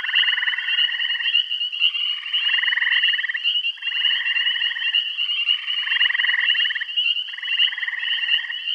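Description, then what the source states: Frogs calling, a run of pulsed trills layered over an unbroken high whine. Bath County.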